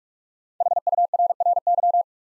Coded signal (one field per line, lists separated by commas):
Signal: Morse code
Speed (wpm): 44 wpm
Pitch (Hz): 700 Hz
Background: none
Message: HURRY